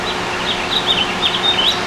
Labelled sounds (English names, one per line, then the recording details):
House Finch song
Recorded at Patchogue on Long Island, New York, on 21 June 2013
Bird G